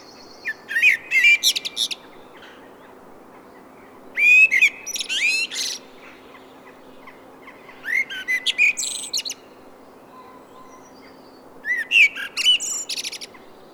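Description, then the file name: Common blackbird song: four short phrases, each a low whistled note or two running into a squeaky, high twittering flourish, spaced about four seconds apart over a steady faint hiss. "Turdus merula"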